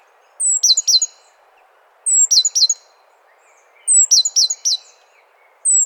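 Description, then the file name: Great tit gives repeated high phrases, a thin whistled note leading into two to four quick sharp notes, roughly every two seconds against quiet hiss. "Parus major"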